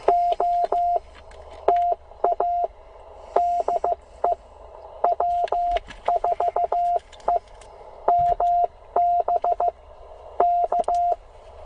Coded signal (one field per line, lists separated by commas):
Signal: Morse code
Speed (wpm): 15 wpm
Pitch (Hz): 700 Hz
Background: radio noise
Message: OTA DE W4EMB K